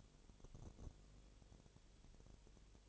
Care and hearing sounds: daily activity, microphone in the room; no activity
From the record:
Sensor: 4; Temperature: 22.7 degrees Celsius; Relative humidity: 32.0%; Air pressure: 1008.1 hPa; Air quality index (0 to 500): 114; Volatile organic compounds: 2 ppm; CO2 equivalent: 1107 ppm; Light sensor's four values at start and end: 2/3/1/1 and 2/3/1/1

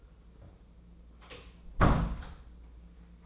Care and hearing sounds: daily activity, microphone in the room; close door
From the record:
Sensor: 1

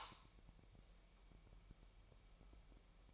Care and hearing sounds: daily activity, microphone in the room; light on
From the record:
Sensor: 1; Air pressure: 1001.9 hPa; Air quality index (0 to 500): 249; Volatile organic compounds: 54 ppm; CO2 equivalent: 3350 ppm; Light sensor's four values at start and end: 5/11/4/5 and 15/48/19/19

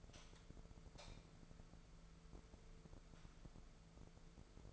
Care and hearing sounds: daily activity, microphone in the room; light on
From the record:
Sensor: 5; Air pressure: 1014.6 hPa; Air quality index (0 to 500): 149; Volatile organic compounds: 4 ppm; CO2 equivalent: 1645 ppm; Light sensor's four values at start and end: 198/479/201/220 and 184/446/186/204

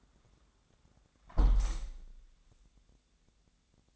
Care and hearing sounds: daily activity, microphone in the room; close window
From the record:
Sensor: 3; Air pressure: 1000.4 hPa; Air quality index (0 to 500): 133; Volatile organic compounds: 2 ppm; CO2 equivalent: 1162 ppm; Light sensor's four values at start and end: 14/36/14/16 and 13/35/14/15

